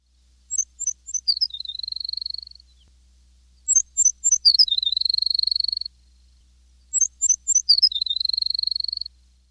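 Bachman's sparrow song phrase, given three times about three seconds apart. Each opens with a few stuttering high notes, then a sustained, even, buzzy trill at steady pitch.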